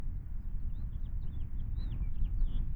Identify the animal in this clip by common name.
House Finch